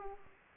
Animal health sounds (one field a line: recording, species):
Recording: mosquito wingbeat signal from an infrared sensor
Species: Aedes aegypti